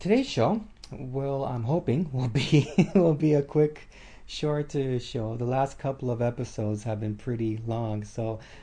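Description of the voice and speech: Adult man speaking with stuttering he has had all his life. A whole-word repetition is heard ('will be will be').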